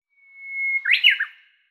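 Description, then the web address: Japanese bush warbler song: a long, steady whistled note followed by a quick, rich, warbled flourish, then silence. "ウグイス"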